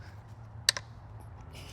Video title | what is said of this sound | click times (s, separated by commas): $5 FIX Brings This Dead Outboard Back to Life! | Yeah, she clicked into place real good right there. | 0.7 s